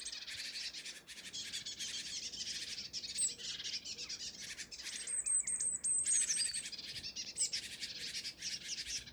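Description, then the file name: Great tit producing rough hissing buzz calls throughout, with a quick series of high, thin whistled notes near the middle. "Parus major"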